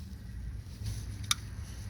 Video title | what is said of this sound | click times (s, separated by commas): 2000 Ford E150 Van 4.2 V6 Alternator change How To Remove and Replace Part 2 | all right make sure you hear that click | 1.3 s